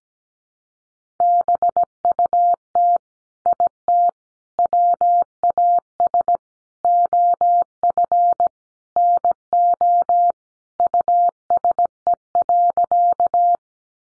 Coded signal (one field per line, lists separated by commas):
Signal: Morse code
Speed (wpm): 17 wpm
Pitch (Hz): 700 Hz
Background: none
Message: BUT IT WAS OF NO USE.